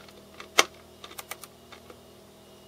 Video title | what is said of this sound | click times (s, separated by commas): Hydrofin DRS (Dual Rudder Small) and DRL Fitting guide | there's a click there's a click another click very subtle click it's not an obvious click | 0.6 s